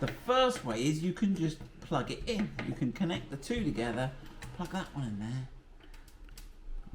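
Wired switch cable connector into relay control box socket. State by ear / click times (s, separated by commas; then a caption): seated / 6.3 s, 6.4 s. Someone talks while plugging the plastic cable connector of a wired control switch into the socket of a relay control box. Sharp, short clicks at 6.3 and 6.4 seconds are heard as the connector goes home and seats.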